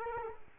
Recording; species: mosquito wingbeat signal from an infrared sensor; Culex quinquefasciatus